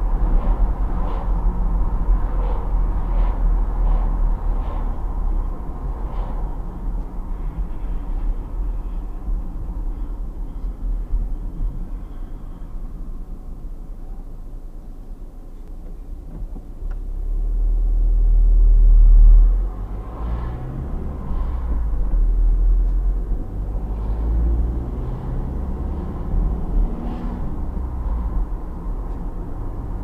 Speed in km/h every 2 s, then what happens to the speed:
61, 57, 50, 40, 31, 24, 0, 0, 0, 0, 0, 0, 22, 29, 33.
0-12 brakes to 0. 12-22 standing. 22-30 pulls away to 33.